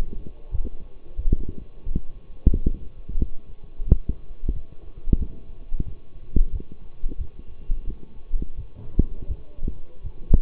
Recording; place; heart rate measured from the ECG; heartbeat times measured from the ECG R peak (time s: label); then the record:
heart sounds by stethoscope; between the tricuspid and mitral areas; 88 bpm
0.51 s: heartbeat
1.17 s: heartbeat
1.84 s: heartbeat
2.52 s: heartbeat
3.18 s: heartbeat
3.85 s: heartbeat
4.52 s: heartbeat
5.18 s: heartbeat
5.85 s: heartbeat
6.51 s: heartbeat
7.18 s: heartbeat
7.85 s: heartbeat
8.56 s: heartbeat
9.27 s: heartbeat
10.02 s: heartbeat
From the record:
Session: walking at 3.7 km/h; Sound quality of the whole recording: partially saturated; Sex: male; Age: 24 years